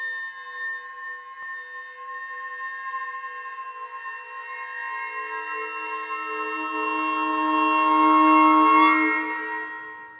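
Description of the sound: Film sound design simulating tinnitus: a real recorded tinnitus tone is heard first, a steady high-pitched ringing, then flute-like tones imitate it and gradually open up across a wider range of frequencies, growing louder before fading.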